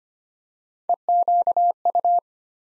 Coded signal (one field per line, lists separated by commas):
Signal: Morse code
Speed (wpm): 25 wpm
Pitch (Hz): 700 Hz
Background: none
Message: EQU